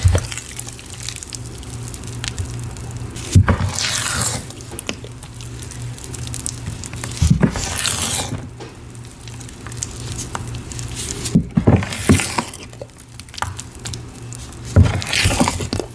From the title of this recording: Sifting, Mixing, Reforming Green Cornstarch & Gym Chalk Powders